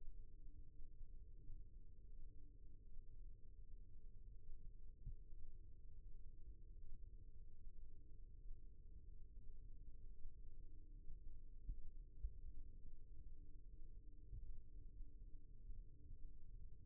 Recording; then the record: forearm muscle sounds (acoustic myography)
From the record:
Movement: rest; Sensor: system 1, eight BSWA MPA416 microphones around the upper forearm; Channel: 3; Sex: male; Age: 23 years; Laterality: right